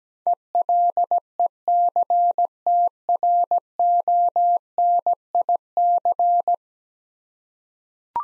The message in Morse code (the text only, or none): ELECTRONIC